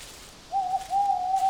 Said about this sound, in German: Wartet mal, da hat doch jemand gerufen. Da, schon wieder. Das klingt wirklich unheimlich. Keine Angst, das ist nur der Waldkauz, eine Art Eule. Er sucht wohl eine Frau.